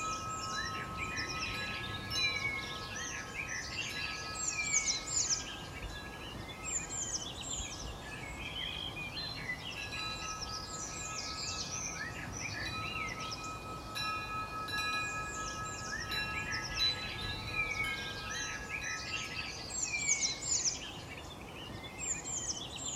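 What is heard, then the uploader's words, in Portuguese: Birds sing at dawn in a busy, overlapping chorus of bright chirps and trills, with bursts that swell and ease every few seconds. Soft wind chimes ring through it as long, steady tones, over a low, constant background hush. Canto da Manhã: Som de Pássaros para Dormir. Ouça a cantoria dos pássaros juntamente com o suave som dos sinos dos ventos no alvorecer de um belo dia.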